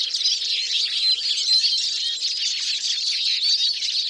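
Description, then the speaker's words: Eurasian siskin flock chorus: a dense, continuous wash of high twittering from many birds singing together, with no pauses. Huge flocks in late winter in northern forests, Britain, singing communally on cold, clear mornings. "But by far the most impressive sound from the siskin occurs on cold, clear mornings in late winter, when huge flocks gather and, like the common crossbill, indulge in community singing."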